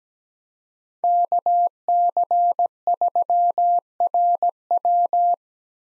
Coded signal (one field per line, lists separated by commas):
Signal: Morse code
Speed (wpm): 17 wpm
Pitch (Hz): 700 Hz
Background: none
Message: KC3RW